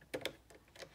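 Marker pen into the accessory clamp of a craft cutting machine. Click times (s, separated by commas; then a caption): 0.1 s, 0.2 s. A gemstone blue plastic marker pen is pushed down into the open accessory clamp on the carriage of a craft cutting machine. Two sharp clicks are heard at 0.1 s and 0.3 s, followed by fainter ticks around 0.5 s and 0.8 s. The clicks show the pen has seated in the clamp, which is then ready to be closed.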